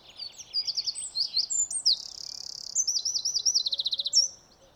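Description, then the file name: Eurasian wren singing a continuous, high-pitched torrent of sharp notes, buzzy passages and rapid rattling trills. "Troglodytes troglodytes"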